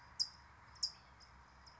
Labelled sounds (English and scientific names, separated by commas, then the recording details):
California Towhee (Melozone crissalis)
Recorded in Sonoma County, California